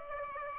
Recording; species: mosquito wingbeat signal from an infrared sensor; Aedes aegypti